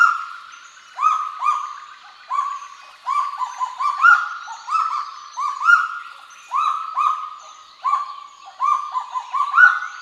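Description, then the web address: Kagu calling continuously: strong, clear sustained notes in short groups, spaced by brief lulls. "sound Kagu. صدای-پرنده-کاگو"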